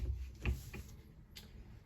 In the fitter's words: That snaps back into place.